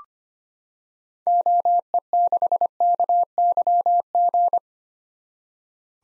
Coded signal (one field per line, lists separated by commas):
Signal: Morse code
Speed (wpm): 25 wpm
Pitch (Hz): 700 Hz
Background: none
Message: OE6KYG